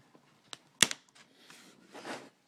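A tool is pried between the glass and the plastic screen bezel of an Acer Aspire D257-13657 laptop lid and worked around the edge to release the bezel's locking clips. A faint tick at 0.5 s is followed by a loud, sharp pop at 0.8 s with a quick second snap just after, then softer scraping and rustling until the end. The bezel clips pop loose at 0.8 s.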